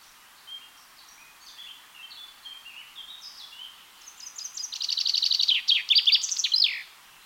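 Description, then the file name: Common chaffinch song: faint scattered chirps first, then a loud trill of repeated notes ending in a quick flourish near the close. "Fringilla coelebs"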